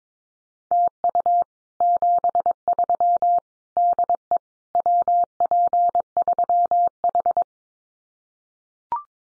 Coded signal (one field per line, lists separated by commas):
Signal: Morse code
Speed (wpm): 22 wpm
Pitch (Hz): 700 Hz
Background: none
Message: TU 73 DE WP3H